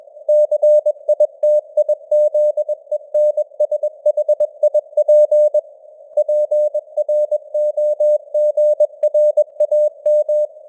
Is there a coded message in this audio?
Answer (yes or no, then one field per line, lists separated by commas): yes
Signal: Morse code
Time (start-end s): 0.3-10.4 s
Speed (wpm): 21 wpm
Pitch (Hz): 600 Hz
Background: none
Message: CITIZENSHIP PROGRAM